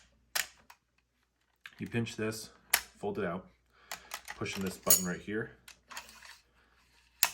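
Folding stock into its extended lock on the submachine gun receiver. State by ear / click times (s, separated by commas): seated / 7.2 s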